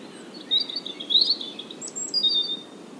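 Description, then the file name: European robin song: a high thin warbling phrase with trills and brief piercing notes, over a constant low hiss. "Erithacus rubecula"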